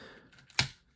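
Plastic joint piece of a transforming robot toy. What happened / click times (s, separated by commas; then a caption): A tight plastic joint popped out of its socket / 0.6 s. A tight plastic joint on a transforming robot toy is pulled out of place. After a few faint ticks, a sharp, bright pop sounds at 0.6 s and quickly decays into quiet, as the joint comes free.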